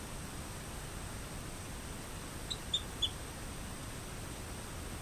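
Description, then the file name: Rio Grande chirping frog: three faint, short, high chirps from a Rio Grande chirping frog in quick succession midway through, set against steady hissing noise. "Eleutherodactylus cystignathoides"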